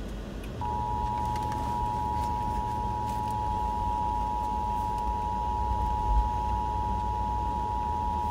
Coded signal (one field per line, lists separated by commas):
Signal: Emergency Alert System (SAME) tones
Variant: 853 and 960 Hz attention tone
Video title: EAS #311 Severe Thunderstorm Warning For My County on FM 94.3